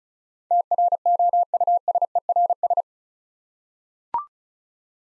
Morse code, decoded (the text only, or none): TROUSERS